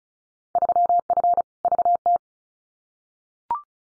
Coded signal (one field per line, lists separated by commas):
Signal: Morse code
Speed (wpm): 34 wpm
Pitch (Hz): 700 Hz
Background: none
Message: 3F VT